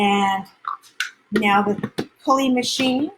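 Someone talks while the pull-cord drive unit of a plastic manual Power Chef food chopper is handled over the covered chopper bowl, with a few faint, soft plastic handling noises between the words. Nothing has seated or clicked yet; the unit is not yet locked onto the lid.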